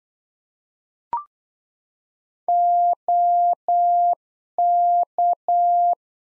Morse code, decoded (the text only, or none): OK